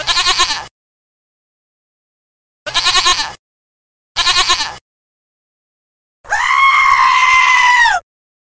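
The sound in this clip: Goat bleating: three short, wavering, nasal bleats spaced by silences, then a longer steady harmonic tone lasting nearly two seconds.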